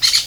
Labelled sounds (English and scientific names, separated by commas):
Brown-throated Parakeet (Eupsittula pertinax) contact call